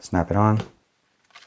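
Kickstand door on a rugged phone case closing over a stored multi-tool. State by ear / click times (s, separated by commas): not seated / none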